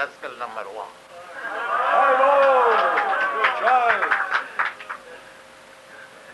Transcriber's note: loud applause